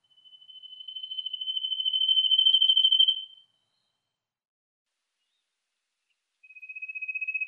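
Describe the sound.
Trilling Cisticola singing a swelling trill lasting about three seconds, then a few seconds of silence before another trill begins at a slightly lower pitch.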